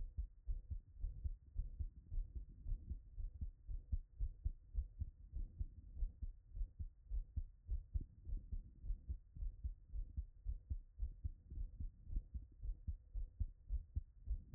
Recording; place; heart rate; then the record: heart sounds by stethoscope; Erb's point; 116 bpm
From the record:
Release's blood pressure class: hypertension stage 2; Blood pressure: 171/98 mmHg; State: after exercise